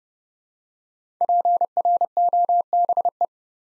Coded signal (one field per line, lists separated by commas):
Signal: Morse code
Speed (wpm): 30 wpm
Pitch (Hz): 700 Hz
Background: none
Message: PROBE